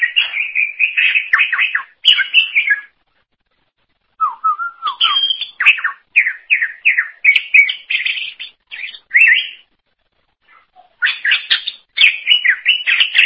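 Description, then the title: Greater green leafbird song: rapid chattering phrases of varied chirps and slurred whistles, with short pauses between bursts. "Cucak ijo"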